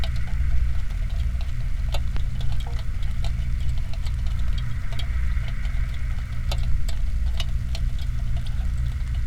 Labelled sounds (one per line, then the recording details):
machinery
flare stack
rain
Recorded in the Prudhoe Bay oil fields, Alaska, on 15 July 2019 at 07:36
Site 29